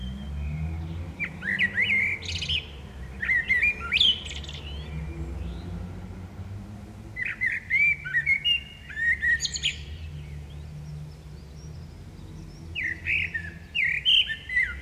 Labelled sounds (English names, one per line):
Common Blackbird song